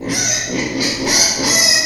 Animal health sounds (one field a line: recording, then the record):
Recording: squeal of a Yucatan mini pig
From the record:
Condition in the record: before surgery on the right vocal fold (resection and tissue-engineered implant)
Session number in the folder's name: 2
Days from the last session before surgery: 0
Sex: male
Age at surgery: 12 weeks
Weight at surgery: 13 kg